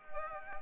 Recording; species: mosquito wingbeat signal from an infrared sensor; Anopheles arabiensis